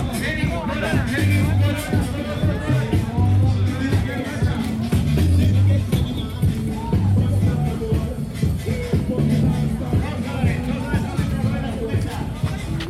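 Walking through a busy street festival, a dense crowd talks all around, voices overlapping into a constant babble with a few speakers standing out. A steady low thumping beat, like music from a stage or speaker, pulses underneath throughout.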